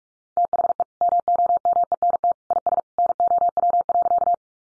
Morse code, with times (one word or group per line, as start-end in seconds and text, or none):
0.4-0.8 THE
1.0-2.3 MOMENT
2.5-2.8 IS
3.0-4.3 NOW.